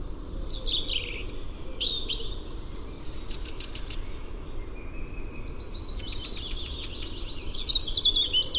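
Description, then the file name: Eurasian wren calls: swooping high notes, then a fast run of dry ticking notes and a thin trill, ending in louder sharp chirps over low rumbling noise. "Troglodytes troglodytes"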